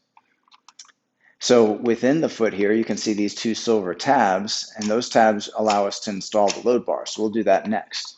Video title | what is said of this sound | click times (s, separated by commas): 2019-2022+ GMC Sierra 1500 4-dr Crew Cab with Thule Evo Clamp + WingBar Evo Roof Rack Crossbars | and then we have the door frame bracket that just simply snaps into place | 0.7 s, 0.8 s